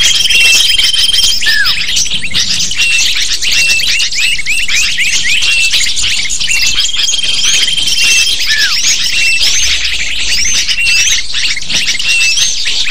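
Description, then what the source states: Shrill lovebird chatter, many rapid twittering chirps at once, broken by steady long whistles near the start and around eight seconds. Sound used to lure lovebirds.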